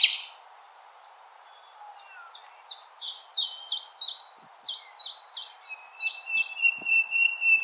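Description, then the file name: Common nightingale song with a fast rhythmic series of loud down-slurred notes, about three per second, ending over a long sustained whistle. Recorded 16 April 2021. "Nightingale-210416"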